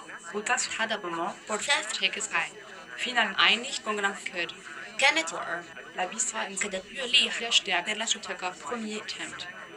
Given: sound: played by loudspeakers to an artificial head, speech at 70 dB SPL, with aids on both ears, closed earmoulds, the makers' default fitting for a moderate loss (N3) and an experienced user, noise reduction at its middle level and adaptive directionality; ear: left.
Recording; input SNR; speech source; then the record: speech test signal (ISTS) in cocktail-party noise; +6 dB; in front (0 degrees)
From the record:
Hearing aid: class 2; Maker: E